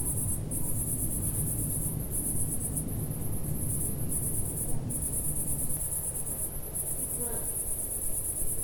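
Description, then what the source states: Cicada song, a high shimmering buzz broken by short pauses every second or two, with low rumble underneath. Single cicada singing in early evening warmth in a village garden with lavender and myrtle bushes, Picardy, northern France.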